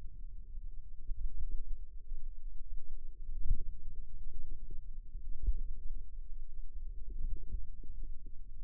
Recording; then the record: forearm muscle sounds (acoustic myography)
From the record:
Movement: ulnar deviation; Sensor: system 2, bracelet of six BSWA MPA416 microphones around the upper forearm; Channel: 1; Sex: female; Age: 22 years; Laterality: right